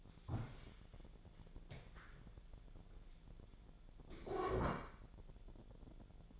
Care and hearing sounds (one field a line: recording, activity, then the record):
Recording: daily activity, microphone in the room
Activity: stand up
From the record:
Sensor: 5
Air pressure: 1000.5 hPa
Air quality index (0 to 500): 148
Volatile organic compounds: 2 ppm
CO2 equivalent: 1146 ppm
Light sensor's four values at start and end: 47/111/46/49 and 47/111/46/49